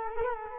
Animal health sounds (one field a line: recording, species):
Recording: mosquito wingbeat signal from an infrared sensor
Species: Culex quinquefasciatus